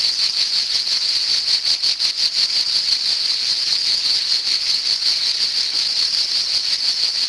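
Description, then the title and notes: Cicadas singing, a dense shrill buzz with quick throbbing pulses, continuous and even from start to end. Cicadas in summer. "cigales. l'été"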